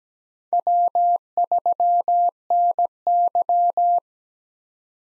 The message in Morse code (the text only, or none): W3NY